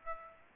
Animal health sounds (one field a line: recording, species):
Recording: mosquito wingbeat signal from an infrared sensor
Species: Aedes aegypti